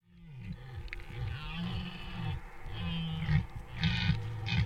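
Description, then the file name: Deer grunting in a rapid, uneven series of deep guttural calls, about two a second. "ciervos"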